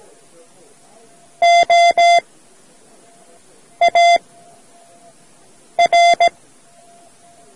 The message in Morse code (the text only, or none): OAR